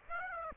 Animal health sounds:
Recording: mosquito wingbeat signal from an infrared sensor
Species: Aedes aegypti

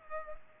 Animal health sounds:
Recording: mosquito wingbeat signal from an infrared sensor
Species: Culex pipiens

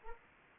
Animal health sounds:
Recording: mosquito wingbeat signal from an infrared sensor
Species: Anopheles arabiensis

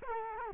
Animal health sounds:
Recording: mosquito wingbeat signal from an infrared sensor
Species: Culex quinquefasciatus

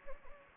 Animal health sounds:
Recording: mosquito wingbeat signal from an infrared sensor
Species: Anopheles gambiae

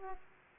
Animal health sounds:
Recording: mosquito wingbeat signal from an infrared sensor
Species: Aedes aegypti

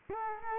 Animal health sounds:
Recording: mosquito wingbeat signal from an infrared sensor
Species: Culex quinquefasciatus

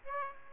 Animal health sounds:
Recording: mosquito wingbeat signal from an infrared sensor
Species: Aedes aegypti

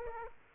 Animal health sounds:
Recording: mosquito wingbeat signal from an infrared sensor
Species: Aedes aegypti

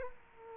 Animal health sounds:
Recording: mosquito wingbeat signal from an infrared sensor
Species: Culex quinquefasciatus

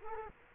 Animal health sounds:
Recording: mosquito wingbeat signal from an infrared sensor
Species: Culex quinquefasciatus

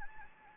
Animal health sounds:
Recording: mosquito wingbeat signal from an infrared sensor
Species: Anopheles gambiae

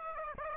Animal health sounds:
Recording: mosquito wingbeat signal from an infrared sensor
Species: Aedes aegypti

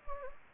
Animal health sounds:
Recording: mosquito wingbeat signal from an infrared sensor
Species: Anopheles gambiae

